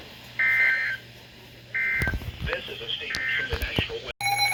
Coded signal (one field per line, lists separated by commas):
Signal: Emergency Alert System (SAME) tones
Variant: end-of-message bursts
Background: speech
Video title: never underestimate a marginal (eas alerts from June 5 2024)